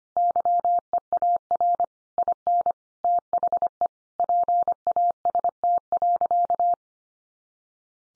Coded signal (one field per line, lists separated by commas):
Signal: Morse code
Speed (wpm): 25 wpm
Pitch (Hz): 700 Hz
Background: none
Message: YEAR IN THE PAST.